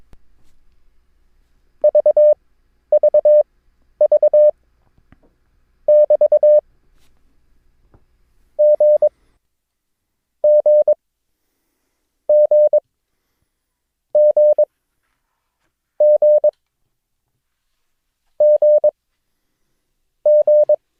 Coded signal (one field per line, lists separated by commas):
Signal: Morse code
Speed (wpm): 22 wpm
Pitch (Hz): 600 Hz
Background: none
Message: VVV <BT> G G G G G G G